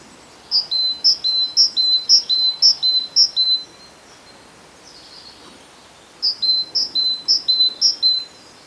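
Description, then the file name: Great tit singing a bright, ringing two-note phrase, repeated six times quickly, silent for a few seconds, then four more repeats. "Parus major"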